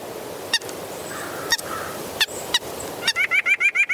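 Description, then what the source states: White-breasted nuthatch: scattered sharp clicks and faint sounds, then a quick run of repeated nasal notes at the end. Nasal vocalizations; common in wooded areas throughout the country, in leafy trees in the east and oaks and conifers in the west.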